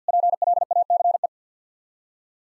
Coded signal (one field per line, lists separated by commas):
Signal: Morse code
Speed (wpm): 50 wpm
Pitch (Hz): 700 Hz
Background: none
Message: PLACE